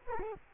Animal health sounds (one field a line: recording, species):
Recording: mosquito wingbeat signal from an infrared sensor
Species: Culex quinquefasciatus